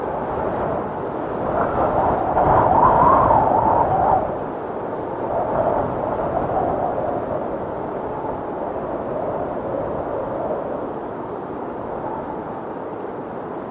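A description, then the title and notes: A windstorm roars steadily, a dense low-to-mid rushing sound with little in the high end. A strong gust swells from about two to four seconds, then the wind settles into a slightly quieter, even drone with faint smaller surges. Windstorm Sounds.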